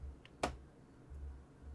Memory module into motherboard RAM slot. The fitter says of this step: keep pushing to hear the click that means it's locked in firmly